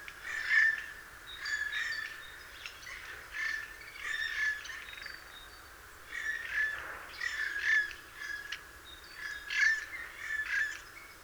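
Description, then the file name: Eurasian jay producing clusters of coarse, scratchy squawks in uneven runs, pausing briefly midway, against faint background noise. "Garrulus glandarius"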